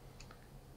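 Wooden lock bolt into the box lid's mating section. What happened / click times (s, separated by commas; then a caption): The wooden bolt locked home / 0.2 s, 0.3 s. The wooden bolt of a small Egyptian-style pin lock is pushed back into the mating section of the box lid, and the lever pops back up. Two quick, light wooden ticks sound at 0.2 s and 0.3 s as the lock engages and locks into place.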